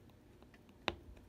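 A small resin drill is pressed with a pen tool into its square on an adhesive diamond-painting canvas, and it seats with one sharp, bright click at 0.9 s. A few faint ticks come before it against a low, quiet background.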